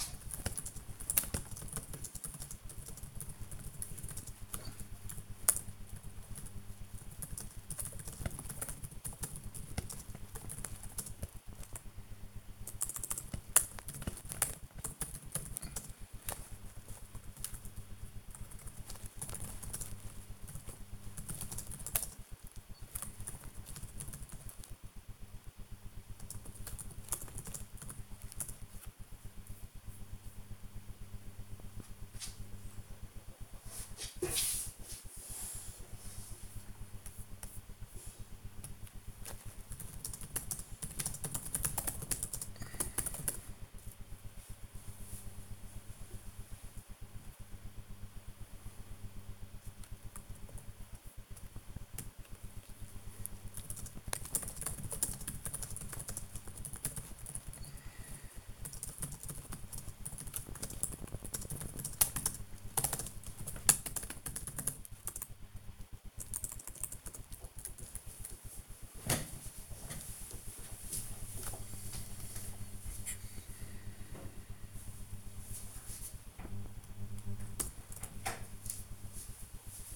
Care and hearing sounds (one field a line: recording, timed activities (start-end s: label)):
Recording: household activities, microphone on the right wrist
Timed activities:
0.00-79.96 s: working on the computer